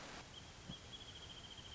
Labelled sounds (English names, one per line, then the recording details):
Wrentit
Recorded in Sonoma County, California